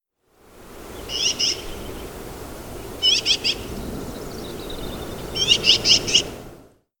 Black-billed Magpie call recorded in Moraine Park in Rocky Mountain National Park.